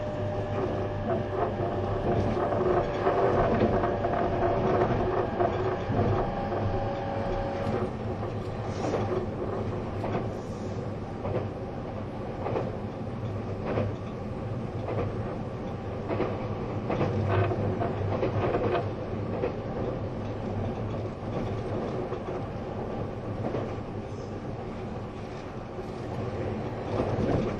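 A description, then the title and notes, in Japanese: A train running along the track, a steady low rumble and rattle filling the whole 28 seconds with little change in level. Faint whining tones hover in the first eight seconds, and short clicks and knocks from the wheels recur irregularly throughout. E257系 あずさ19号03 甲府～松本。音の旅(走行音)。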